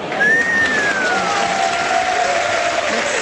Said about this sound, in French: Vous pouvez applaudir Florence Foresti.